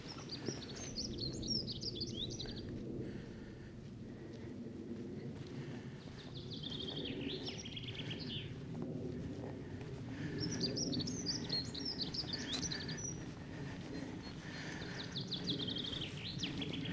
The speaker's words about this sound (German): Aber die Natur erwacht. Man hört überall schön die Vöglein zwitschern.